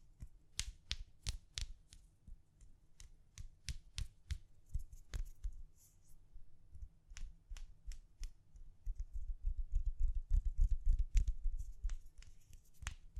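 Gentle tapping in quick, uneven bursts, each tap a short crisp click with a soft low thud beneath it. The taps cluster early, thin out around the middle, then return with heavier, denser low thumps in the last few seconds.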